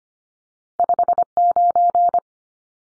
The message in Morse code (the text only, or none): 59